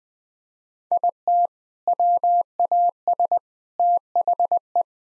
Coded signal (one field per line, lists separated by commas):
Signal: Morse code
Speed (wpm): 20 wpm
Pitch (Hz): 700 Hz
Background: none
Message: IT WAS THE